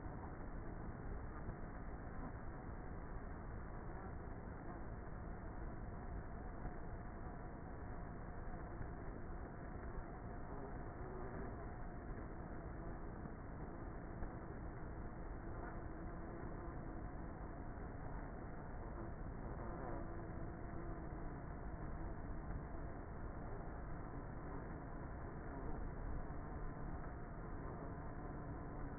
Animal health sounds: honeybee colony, microphone inside the hive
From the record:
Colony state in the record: queenless with a low population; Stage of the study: before two queens were removed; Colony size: about 30,000 bees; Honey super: no

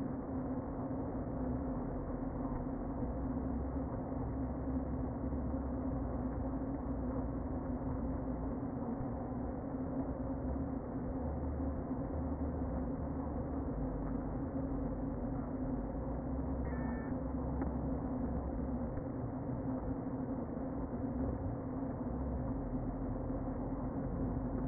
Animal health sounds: honeybee colony, microphone inside the hive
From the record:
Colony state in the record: queen present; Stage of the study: before two queens were removed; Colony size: about 60,000 bees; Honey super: yes

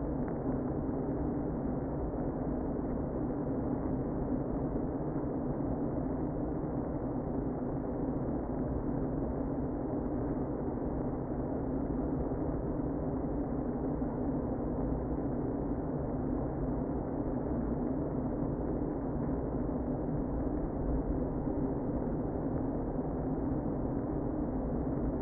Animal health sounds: honeybee colony, microphone inside the hive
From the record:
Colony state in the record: queen present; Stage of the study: before two queens were removed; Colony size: about 60,000 bees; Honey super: yes

